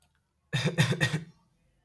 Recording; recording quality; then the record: shallow voluntary cough; excellent, no background noise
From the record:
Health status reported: healthy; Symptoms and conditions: none ticked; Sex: male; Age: 18 years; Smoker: not ticked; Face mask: not worn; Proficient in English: yes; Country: India